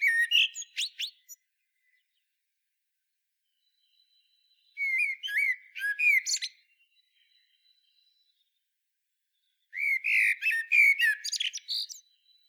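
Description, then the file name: Common blackbird singing three phrases about five seconds apart, mixing low fluty warbled whistles with bursts of high squeaky twittering. "Turdus merula"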